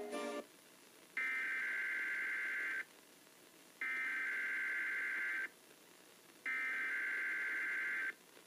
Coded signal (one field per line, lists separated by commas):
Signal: Emergency Alert System (SAME) tones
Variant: header bursts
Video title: KHKE Required Weekly Test #1 (EAS #319)